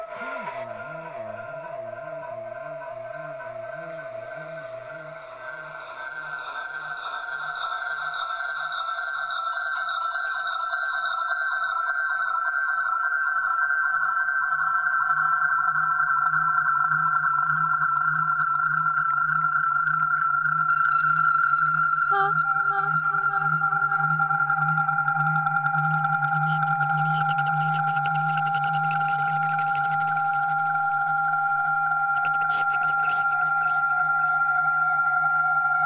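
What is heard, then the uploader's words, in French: Echoes stacking on echoes grow into a huge feedback howl. Early on, low wobbling tones pulse under steady ringing pitches; the sound swells over the first fifteen seconds, then holds as a loud, sustained drone with a hum beneath, shifting pitch near twenty-two seconds, with scratchy bursts later. Nous les avons allumé et les réglé sur la fréquence 93.9, de Radio Campus Paris. Comme nous sommes en direct, nous pouvons nous écouter en train de nous écouter, l'écho de l'écho de l'écho engendre alors un mega larser !!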